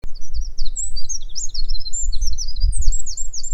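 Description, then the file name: Eurasian wren song: a fast, loud, very high trilling run of sharp notes without a break, over a steady low rumble. "Troglodytes troglodytes"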